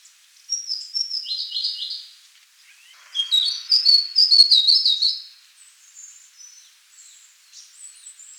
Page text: White-Spectacled Warbler Song and Call. Quick Sounds